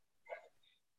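A single short, snorting burst from a dog in a quiet room: a dog sneeze.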